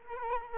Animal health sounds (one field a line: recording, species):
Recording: mosquito wingbeat signal from an infrared sensor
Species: Culex quinquefasciatus